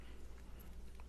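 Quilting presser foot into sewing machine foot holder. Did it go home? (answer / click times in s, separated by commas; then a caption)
yes / 1.0 s. A closed-toe free-motion quilting presser foot is clipped into the back of the foot holder on a sewing machine, then rocked up into place. Over a low steady hum, a small, quiet snap is heard at 1.0 s as the foot seats.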